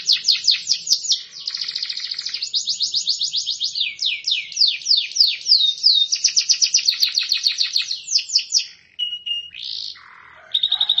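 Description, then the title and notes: Canary singing in quick changing tours: sharp downward chirps, rattling trills and swooping notes, a short pause near the end, then a fresh high trill. Master (masteran) canary song, described as solid (mantap). "Suara Burung Kenari Masteran. master suara burung kenari mantap"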